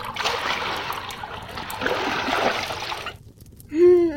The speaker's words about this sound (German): Hier in der Kammer, neben der Küche, steht die große Holzwanne. Sie entzündeten ein Feuer im Kamin. Danach erwärmten sie Wasser auf der Kochstelle in der Küche und füllten damit die Holzwanne.